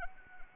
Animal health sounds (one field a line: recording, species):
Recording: mosquito wingbeat signal from an infrared sensor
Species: Anopheles arabiensis